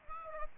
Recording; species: mosquito wingbeat signal from an infrared sensor; Aedes aegypti